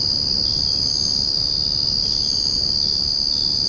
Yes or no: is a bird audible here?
no